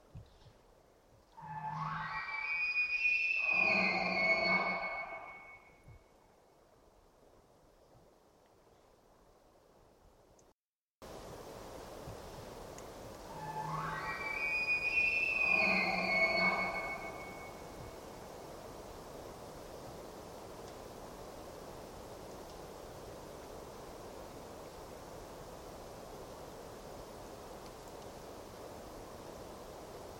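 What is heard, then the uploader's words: An elk bugles twice: a low chesty roar rises into a high whistling squeal and ends in grunts, around 2 and 13 seconds. The first call sits in near silence; after a sudden cut, a steady hiss of wind or distant rushing fills the rest. Roosevelt Elk Bugle with low chesty roar. Selected from a brief trip in late September 2023. Recorded in the Queets and Quinalt Rainforest River Valleys, there's often an unavoidable distant wash of river in the background. I record elk by leaving recorders out in the field where herds are known to migrate.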